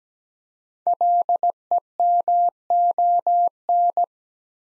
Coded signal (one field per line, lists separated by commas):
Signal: Morse code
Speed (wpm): 17 wpm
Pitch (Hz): 700 Hz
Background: none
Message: LEMON